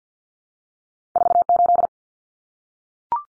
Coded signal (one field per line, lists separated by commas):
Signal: Morse code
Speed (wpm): 50 wpm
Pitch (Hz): 700 Hz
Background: none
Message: 48